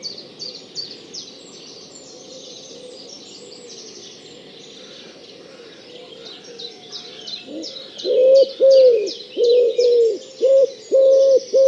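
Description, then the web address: Bird calls: low pulsing tones repeated in quick bursts during the second half, with a busy chorus of high chirps from other birds throughout. "cianscape. Deverinetal"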